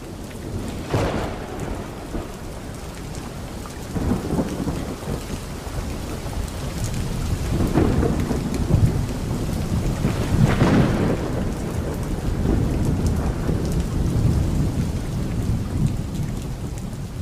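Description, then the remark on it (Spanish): Steady rain pours down with a constant hiss, broken by several low, rumbling rolls of thunder that swell and fade. No voices are present. “Y todo empieza como acaba, con la lluvia.”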